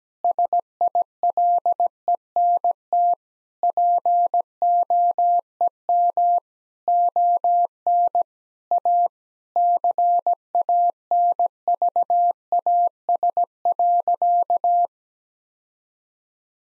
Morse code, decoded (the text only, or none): SILENT POEM ON A CANVAS.